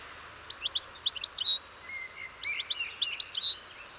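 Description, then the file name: European goldfinch song in two twittering phrases of quick liquid chirps and short buzzy notes, with a brief pause between them. "Carduelis carduelis"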